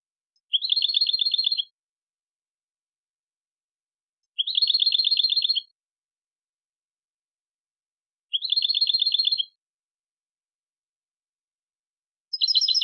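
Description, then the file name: European goldfinch producing dry, rattling trills about a second long, repeated every four seconds, all high-pitched against silence. "Carduelis carduelis"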